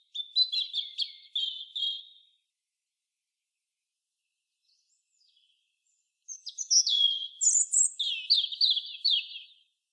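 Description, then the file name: European robin singing a two-second phrase of high, wavering warbled notes, then about four quiet seconds before a longer, richer phrase of tumbling, descending trills. "Erithacus rubecula"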